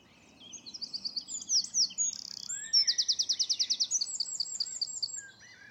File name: Troglodytes troglodytes